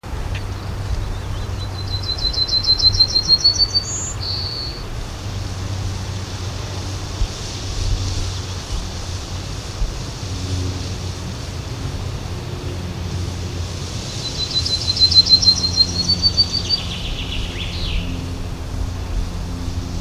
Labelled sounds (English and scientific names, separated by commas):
Yellowhammer (Emberiza citrinella) song